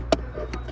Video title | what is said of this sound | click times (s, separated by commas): 2012 Acura TL How to replace air filter cabin | clip you heard that click yes you should sound like that always here right | 0.1 s